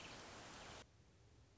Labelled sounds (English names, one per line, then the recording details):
American Robin
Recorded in Sonoma County, California